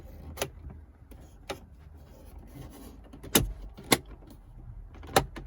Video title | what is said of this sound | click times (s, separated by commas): How to Unlock Radio Stereo Mitsubishi Montero Sport 300GT Diamante Eclipse Endeavor Galant Lancer | don't forget this the cover make sure it clicks back in there | 3.4 s, 3.9 s, 5.2 s